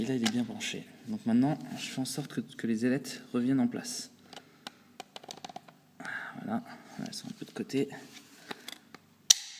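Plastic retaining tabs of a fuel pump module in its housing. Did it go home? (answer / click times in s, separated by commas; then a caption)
yes / 9.3 s. Someone talks while pushing the slightly askew plastic retaining tabs of a replacement fuel pump module back into their housing, with a few small taps and clicks along the way. A sharp, loud click at 9.3 s marks the tabs locking into place, and the module is seated.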